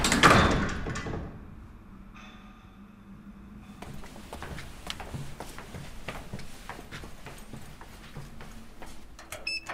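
An elevator's sliding door rumbles shut with a loud rush at the start, followed by a steady low hum and a long run of quick mechanical clicks and ticks, with no voices.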